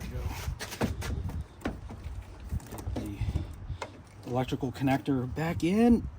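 On a 2011 Volvo XC70 P3, an electrical wiring connector is handled as it is brought back to the headlight housing's socket during headlight bulb replacement, while someone talks. Brief handling knocks and taps sound around 1.3, 1.7, 2.6–3.0 and 3.8 seconds. Nothing has seated or clicked yet.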